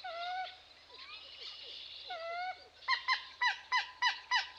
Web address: Dan Gibson Wildlife Identification By Sound, Eastern North America Pt 1. Common Moorhen